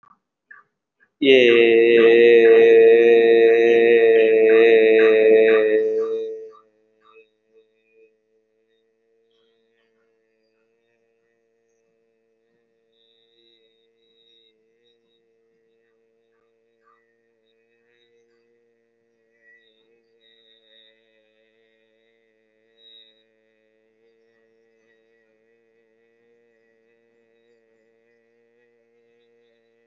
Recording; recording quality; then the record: sustained vowel as in made; moderate, slight background noise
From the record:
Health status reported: healthy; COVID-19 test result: negative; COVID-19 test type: RT-PCR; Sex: male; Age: 24 years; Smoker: no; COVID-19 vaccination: both doses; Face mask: worn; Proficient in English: yes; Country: India